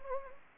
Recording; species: mosquito wingbeat signal from an infrared sensor; Anopheles gambiae